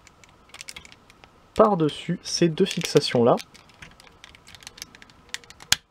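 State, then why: Seated. A plastic piece that covers the head of a Masterpiece MP-5 Megatron transforming figure is brought over two fixation points. Someone talks, with light ticks and handling sounds around it. A sharp click at 5.7 s marks the piece clipping into place.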